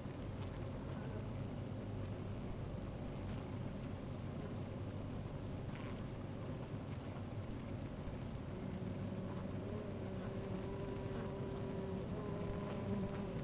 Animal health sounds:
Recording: honeybee colony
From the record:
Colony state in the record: active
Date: 28 July 2017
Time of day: 12:40

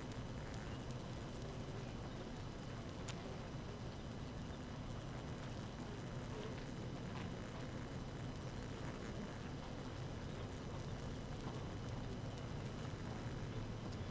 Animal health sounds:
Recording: honeybee colony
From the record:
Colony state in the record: active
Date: 12 June 2018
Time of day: 6:17

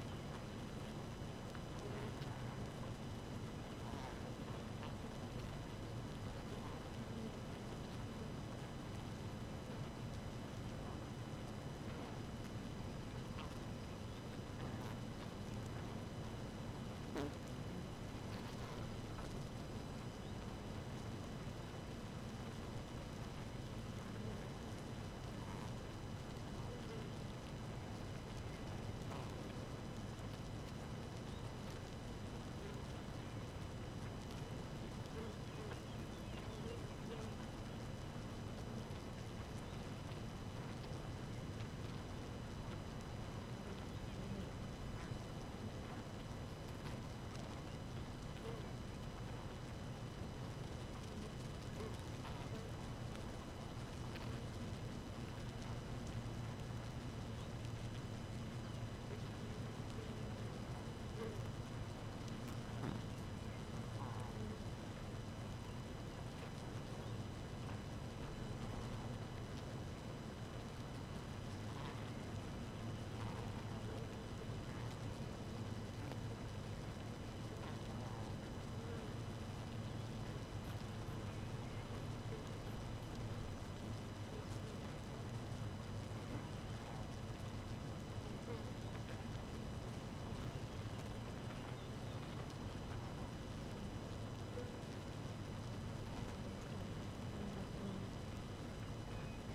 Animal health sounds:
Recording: honeybee colony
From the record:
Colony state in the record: active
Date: 12 June 2018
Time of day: 4:50

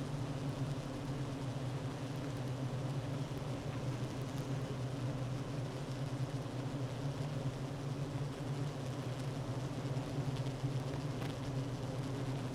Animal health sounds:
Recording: honeybee colony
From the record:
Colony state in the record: active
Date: 12 June 2018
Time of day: 9:49

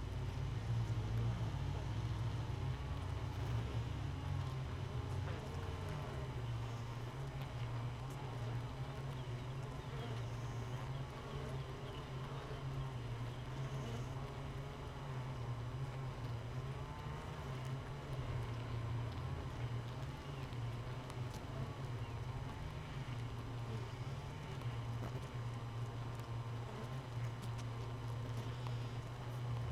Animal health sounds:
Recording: honeybee colony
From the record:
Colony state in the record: missing queen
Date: 31 May 2018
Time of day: 5:01

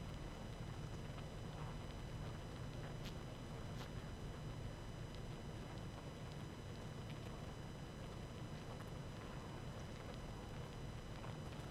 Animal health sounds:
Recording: honeybee colony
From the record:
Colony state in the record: active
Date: 12 June 2018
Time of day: 19:24

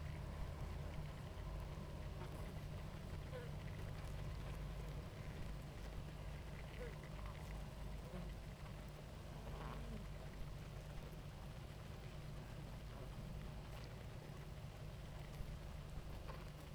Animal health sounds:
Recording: honeybee colony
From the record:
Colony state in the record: active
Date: 28 July 2017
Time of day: 18:31

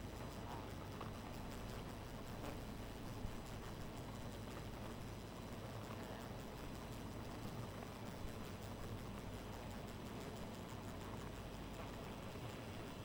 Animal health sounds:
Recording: honeybee colony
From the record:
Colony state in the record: missing queen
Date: 14 July 2017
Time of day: 2:07

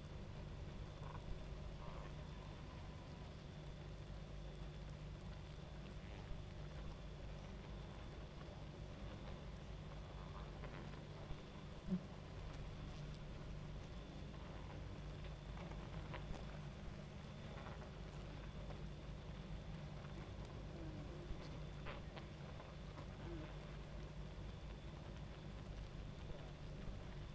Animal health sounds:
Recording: honeybee colony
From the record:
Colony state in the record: active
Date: 28 July 2017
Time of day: 23:54

